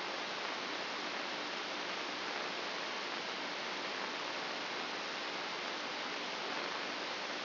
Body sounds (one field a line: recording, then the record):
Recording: brain microelectrode recording played as sound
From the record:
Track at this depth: inside the subthalamic nucleus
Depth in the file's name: 3.431 mm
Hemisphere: left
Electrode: 2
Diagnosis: Parkinson's disease